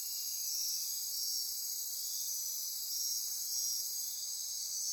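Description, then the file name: Insects in a thick, high, ringing chorus of overlapping trills, with brief pulsing notes above a steady shrill hum. Insect chorus recorded at midnight near Corcovado. "Wind-is-the-Original-Radio-Fridays Andy-Martin Midnight-Insect-Chorus-Near-Corcovado"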